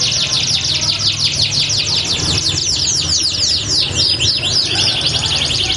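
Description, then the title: Canary song: repeated downward-sweeping notes in a quick rhythmic trill, shifting to crossing chattered notes toward the end. Canary song used as a lure to warm up Belgian canaries so they start singing along within seconds. "Canto Para Esquentar Canário Belga. LANGSUNG NYAUT. Pancingan suara kenari hitungan detik langsung ikut bunyi"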